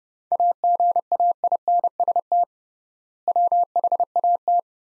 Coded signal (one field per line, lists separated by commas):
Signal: Morse code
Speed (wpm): 31 wpm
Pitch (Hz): 700 Hz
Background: none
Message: AGAINST WHAT